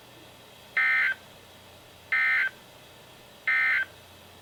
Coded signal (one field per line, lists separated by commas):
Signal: Emergency Alert System (SAME) tones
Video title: EAS #13-#14: More Flood Warnings! | KHB36